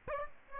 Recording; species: mosquito wingbeat signal from an infrared sensor; Aedes aegypti